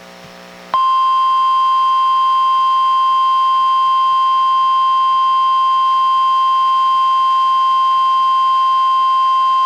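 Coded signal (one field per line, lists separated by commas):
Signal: Emergency Alert System (SAME) tones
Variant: 1050 Hz attention tone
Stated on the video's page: NOAA Weather Radio weekly test with live voice instead of the synthesized voice, relayed by a Portland-area NWR station, recorded from a Reecom R-1630 weather radio via Zoom H1.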